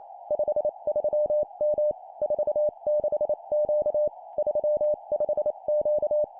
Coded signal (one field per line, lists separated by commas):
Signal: Morse code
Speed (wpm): 28 wpm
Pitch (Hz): 600 Hz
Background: none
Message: 53M 46Q 35Q